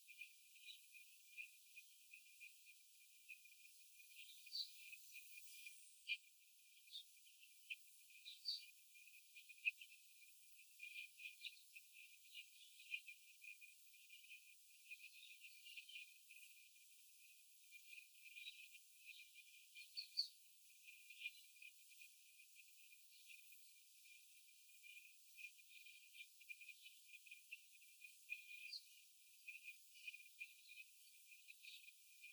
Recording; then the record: young laying hens in a cage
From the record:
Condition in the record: before the stressor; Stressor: sudden umbrella opening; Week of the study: 3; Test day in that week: 2